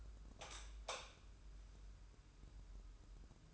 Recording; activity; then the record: daily activity, microphone in the room; light on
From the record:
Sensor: 2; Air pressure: 995.2 hPa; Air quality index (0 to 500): 75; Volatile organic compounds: 2 ppm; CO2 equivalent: 1314 ppm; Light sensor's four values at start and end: 8/18/8/8 and 13/36/14/14